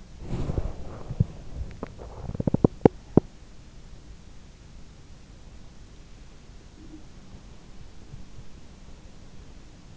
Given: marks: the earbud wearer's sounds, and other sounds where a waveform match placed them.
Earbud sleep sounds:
sounds in sleep by an in-ear microphone; body movement, teeth grinding
0.00-1.68 s: body movement
1.68-3.68 s: teeth grinding
6.51-7.37 s: sound from someone else or the room

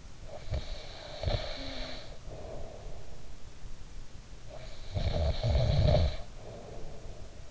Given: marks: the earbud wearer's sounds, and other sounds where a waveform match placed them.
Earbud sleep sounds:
sounds in sleep by an in-ear microphone; snoring breath
0.26-3.29 s: snoring breath
4.49-7.51 s: snoring breath

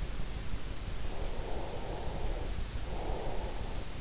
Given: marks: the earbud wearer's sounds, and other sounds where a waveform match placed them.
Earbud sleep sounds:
sounds in sleep by an in-ear microphone; breath
0.46-4.00 s: breath

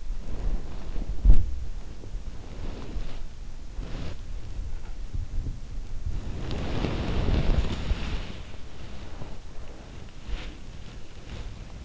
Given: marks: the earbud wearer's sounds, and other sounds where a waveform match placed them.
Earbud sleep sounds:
sounds in sleep by an in-ear microphone; body movement
0.00-4.32 s: body movement
5.02-11.84 s: body movement

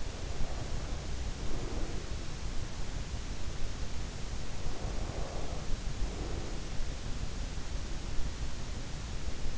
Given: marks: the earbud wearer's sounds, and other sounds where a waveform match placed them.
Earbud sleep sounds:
sounds in sleep by an in-ear microphone; breath
0.00-2.39 s: breath
4.39-6.91 s: breath

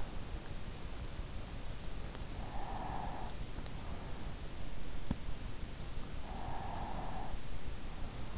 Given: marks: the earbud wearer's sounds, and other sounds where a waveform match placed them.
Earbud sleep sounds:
sounds in sleep by an in-ear microphone; breath
2.16-4.04 s: breath
5.76-8.38 s: breath

